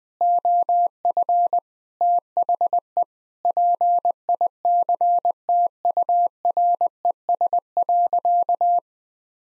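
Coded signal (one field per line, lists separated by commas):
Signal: Morse code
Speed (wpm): 20 wpm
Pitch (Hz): 700 Hz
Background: none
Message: OF THE PICTURES.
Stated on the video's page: Practice sentences containing common eight-word phrases at 20 wpm.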